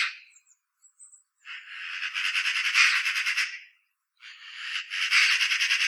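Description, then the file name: Eurasian magpie rattling out rapid, grating chatter: a few faint notes first, then two sustained bursts of quick harsh pulses with a pause between. "Pica pica"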